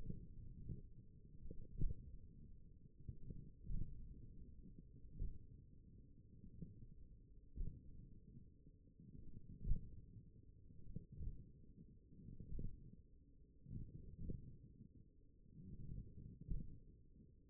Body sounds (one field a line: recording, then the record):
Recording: forearm muscle sounds (acoustic myography)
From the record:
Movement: radial deviation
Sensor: system 1, eight BSWA MPA416 microphones around the upper forearm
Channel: 4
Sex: male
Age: 42 years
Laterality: right